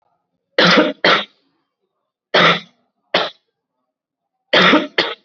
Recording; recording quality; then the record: heavy voluntary cough; excellent, no background noise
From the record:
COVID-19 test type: RT-PCR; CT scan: not taken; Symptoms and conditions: cough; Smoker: no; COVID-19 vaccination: both doses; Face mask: worn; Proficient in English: yes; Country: India